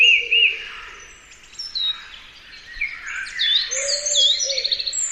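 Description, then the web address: Bird calls: mixed high whistled chirps and slurred notes from several birds, with a lower cooing phrase near the start and again later. "cianscape. Deverinetal. Bird Only"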